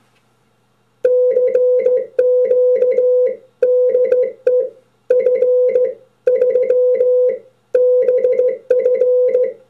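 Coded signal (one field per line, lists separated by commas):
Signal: Morse code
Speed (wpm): 16 wpm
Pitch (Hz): 500 Hz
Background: music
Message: CQ DE F3BF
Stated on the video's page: Morse key re-created from a worn-out original, built as a test bed for contacts and springs.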